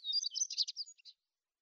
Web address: Schulze Peter Siberian Stonechat song